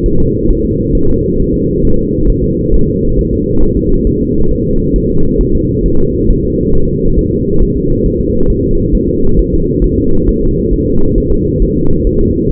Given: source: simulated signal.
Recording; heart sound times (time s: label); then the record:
fetal heart sounds
0.06 s: S1
0.20 s: S2
0.50 s: S1
0.65 s: S2
0.95 s: S1
1.09 s: S2
1.40 s: S1
1.54 s: S2
1.85 s: S1
1.99 s: S2
2.30 s: S1
2.44 s: S2
2.74 s: S1
2.88 s: S2
3.19 s: S1
3.33 s: S2
3.63 s: S1
3.77 s: S2
4.07 s: S1
4.21 s: S2
4.52 s: S1
4.66 s: S2
4.96 s: S1
5.10 s: S2
5.41 s: S1
5.55 s: S2
5.86 s: S1
6.00 s: S2
6.31 s: S1
6.45 s: S2
6.75 s: S1
6.89 s: S2
7.19 s: S1
7.33 s: S2
7.62 s: S1
7.77 s: S2
8.06 s: S1
8.20 s: S2
8.50 s: S1
8.64 s: S2
8.95 s: S1
9.09 s: S2
9.39 s: S1
9.53 s: S2
9.84 s: S1
9.98 s: S2
10.29 s: S1
10.43 s: S2
10.74 s: S1
10.88 s: S2
11.18 s: S1
11.32 s: S2
11.62 s: S1
11.77 s: S2
12.07 s: S1
12.21 s: S2
12.52 s: S1
From the record:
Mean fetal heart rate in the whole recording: 135 bpm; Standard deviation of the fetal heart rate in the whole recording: 3 bpm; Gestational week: 36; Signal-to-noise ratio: -17.7 dB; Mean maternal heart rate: 72 bpm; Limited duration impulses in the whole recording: present